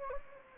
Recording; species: mosquito wingbeat signal from an infrared sensor; Anopheles gambiae